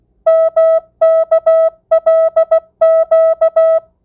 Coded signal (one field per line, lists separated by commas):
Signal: Morse code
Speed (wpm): 16 wpm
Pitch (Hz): 650 Hz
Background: music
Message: MKLQ